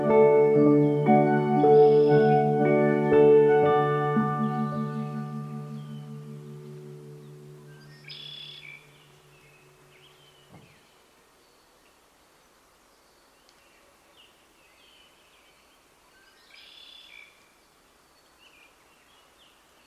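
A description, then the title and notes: Along the Cave and Basin Marsh Trail in Banff, a low droning hum with ringing overtones fades gradually over the first ten seconds, then cuts out. Afterward a soft hush remains, broken by short bright bird calls near eight and seventeen seconds. Soundwalk Season 4: The Canadian Rockies. Banff National Park, Canada on The Banff Cave and Basin Marsh Trail.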